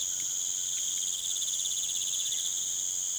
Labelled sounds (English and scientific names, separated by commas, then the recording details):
none
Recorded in pastures near Puerto Asís, Putumayo, Colombia, on 30 June 2025 at 19:30
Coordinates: 0.486, -76.323
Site H29